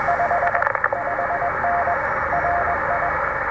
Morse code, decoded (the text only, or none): 55N RI